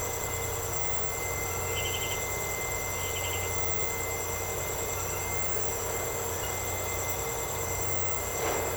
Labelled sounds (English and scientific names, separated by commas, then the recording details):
none
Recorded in secondary vegetation near Puerto Asís, Putumayo, Colombia, on 13 March 2025 at 00:30
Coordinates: 0.468, -76.324
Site G059